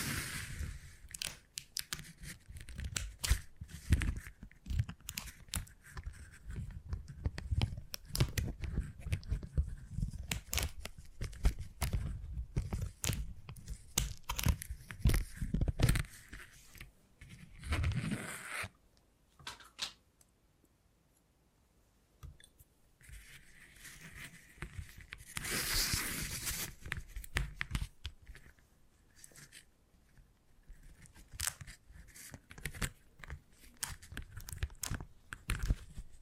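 Beeswax is handled in dense, crackling bursts of sticky clicks, tearing and crinkling, busiest and loudest through the first fifteen seconds. Around eighteen to twenty-two seconds the sound thins almost to silence, then irregular crinkles return, with a bright hissy rub near twenty-six seconds.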